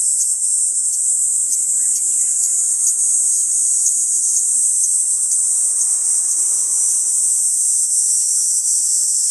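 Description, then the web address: Kaempfer cicada song: a continuous, steady high-pitched shrill buzz that holds without a break throughout. "ニイニイゼミ. arpla 自然音研究室"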